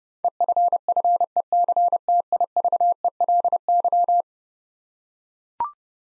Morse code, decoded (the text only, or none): EFFECTIVELY